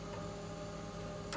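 A connector for the kebab rotary attachment is being handled at the back of a Mimaki 6042MKII printer, ready to be pushed into place. A steady hum with low tonal lines runs throughout, and a brief louder broadband burst comes right at the very end, around 1.4 s. The connector has not seated or clicked yet.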